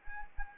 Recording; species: mosquito wingbeat signal from an infrared sensor; Anopheles arabiensis